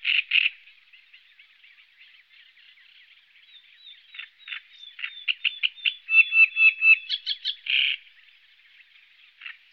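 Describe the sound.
Great reed warbler song, a soft creaky chatter building into loud, rhythmic, grating notes repeated several times, ending with a harsh burst, then soft chatter again.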